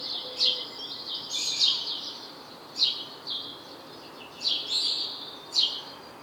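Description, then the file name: House sparrow calling with sharp chirps and slurred follow-on notes, loosely spaced about a second apart, against low background noise. "Passer domesticus"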